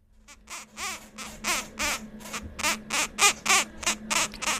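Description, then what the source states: Kakapo chick begging: thin, squeaky cheeps repeated about three times a second, rising and falling in loudness, with a faint steady low hum behind. Four-day-old chick being fed on Whenua Hau (Codfish Island), New Zealand, during the best kakapo breeding season on record.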